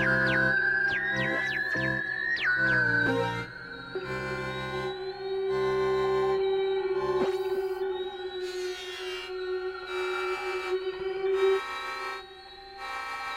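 A layered piece of synth tones and radio-like noise. The first few seconds bring quick rising chirps and sliding pitches, then a steady mid-pitched drone holds with shimmering high tones above it. A sharp click lands near seven seconds, and the sound thins briefly around twelve.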